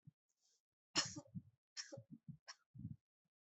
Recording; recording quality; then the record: shallow voluntary cough; excellent, no background noise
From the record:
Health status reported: healthy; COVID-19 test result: negative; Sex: female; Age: 26 years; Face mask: not worn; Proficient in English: yes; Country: India